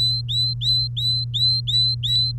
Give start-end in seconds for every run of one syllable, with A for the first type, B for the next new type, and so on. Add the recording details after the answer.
0.00-2.32 A. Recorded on 3 May 2018 at 11:22. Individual llb3